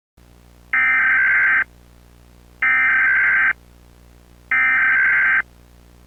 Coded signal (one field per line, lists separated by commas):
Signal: Emergency Alert System (SAME) tones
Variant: header bursts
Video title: Eas Scenario: do not move